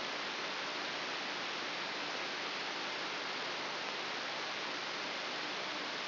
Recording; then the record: brain microelectrode recording played as sound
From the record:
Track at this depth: inside the subthalamic nucleus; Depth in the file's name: 3.298 mm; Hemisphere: left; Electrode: 3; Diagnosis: Parkinson's disease